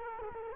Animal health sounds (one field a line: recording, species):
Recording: mosquito wingbeat signal from an infrared sensor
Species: Culex quinquefasciatus